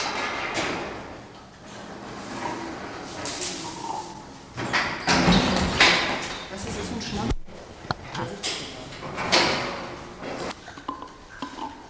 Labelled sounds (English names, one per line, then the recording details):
Northern Plains Gray Langur
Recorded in captivity
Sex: male
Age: adult
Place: Zoo Dresden, Sachsen, DE
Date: 1997-02-14 15:30
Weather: heiter bis wolkig, 5 bis 7°C
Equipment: Nagra SN, Kopie Uher 4000 Report Monitor
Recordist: Tembrock, Günter